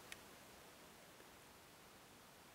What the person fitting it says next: ahí ha hecho un clic,